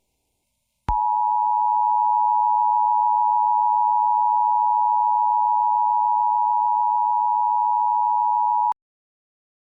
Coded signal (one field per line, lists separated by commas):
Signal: Emergency Alert System (SAME) tones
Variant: 853 and 960 Hz attention tone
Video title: NC AMBER ALERT AGAIN *for Polk County (Child Abduction Emergency EAS 1,002)